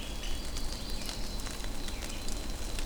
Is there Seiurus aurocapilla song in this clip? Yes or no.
no